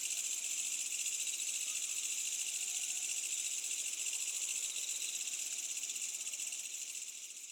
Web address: Asian Countrysides AMBIENCE Insects Medium Night Summer Distant Village